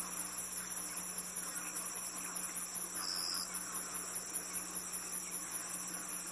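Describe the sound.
Cricket: steady pulsing chorus of crickets, very high and even, broken by a short piercing tone around three seconds, over a faint low hum.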